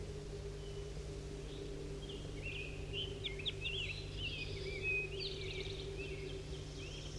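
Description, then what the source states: Crossbill calls: a burst of short, sharp chips midway, then a few more, over a steady low mechanical hum and hiss. Bird 5-3 calling near a pine.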